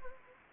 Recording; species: mosquito wingbeat signal from an infrared sensor; Anopheles gambiae